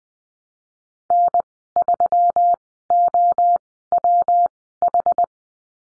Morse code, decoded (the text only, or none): N3OWH